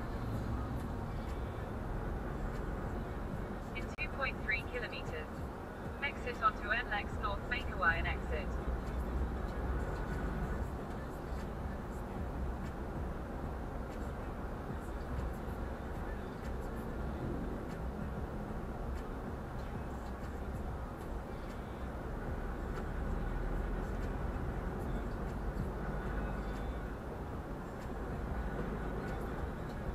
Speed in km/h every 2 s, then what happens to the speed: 33, 32, 32, 31, 33, 34, 34, 32, 30, 29, 28, 28, 32, 34, 36.
0-12 steady at about 33. 12-22 slows to 28. 22-30 speeds up to 36.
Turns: none.